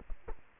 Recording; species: mosquito wingbeat signal from an infrared sensor; Culex quinquefasciatus